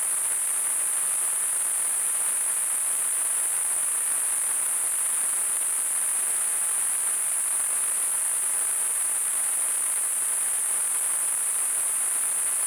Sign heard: Tinnitus.